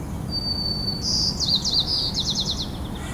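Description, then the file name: White-crowned sparrow song: a long pure whistle, then a higher whistle, followed by a run of quick buzzy chirps and a trill. Recorded on Wall St. "Whitecrowned Sparrow-Sarah-Jane-Mc Auley"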